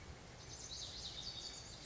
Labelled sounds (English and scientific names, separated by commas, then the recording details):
Lazuli Bunting (Passerina amoena)
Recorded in Sonoma County, California